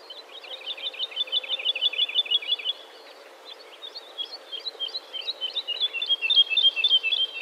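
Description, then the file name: Woodlark singing a rapid trill of repeated slurred notes, a short pause, then another long series of liquid notes growing louder. "Heidelerche"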